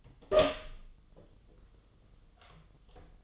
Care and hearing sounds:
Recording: daily activity, microphone in the room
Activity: open door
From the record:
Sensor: 4

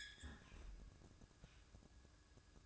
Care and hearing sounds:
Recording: daily activity, microphone in the room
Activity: close fridge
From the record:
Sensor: 2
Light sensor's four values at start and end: 11/25/11/11 and 11/25/11/11

